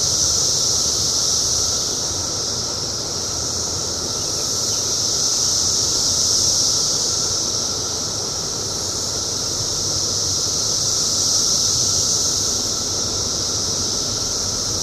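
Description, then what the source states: Cicada: continuous high buzzing of many cicadas, rising and falling gently in slow swells over a low background rumble. Recorded in 2004.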